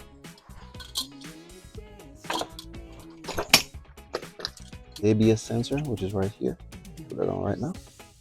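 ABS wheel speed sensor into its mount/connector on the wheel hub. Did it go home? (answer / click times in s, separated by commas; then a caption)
no / none. During a brake job, an ABS wheel speed sensor is handled by hand at its mount or connector on the wheel hub while someone talks over quiet background music, with a few brief sharp taps along the way. The clip ends before the part goes home, so nothing has seated or clicked yet.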